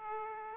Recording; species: mosquito wingbeat signal from an infrared sensor; Aedes aegypti